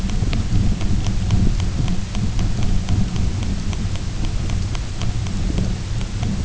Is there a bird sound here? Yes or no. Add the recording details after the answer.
no. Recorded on Arctic tundra, site UTQI-0, on 20 June 2018. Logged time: 14:00